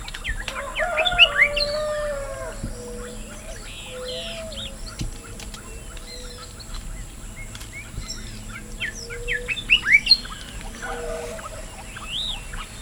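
Bird calling in two lively bursts of quick sweeping chirps, separated by quieter scattered whistles and soft notes.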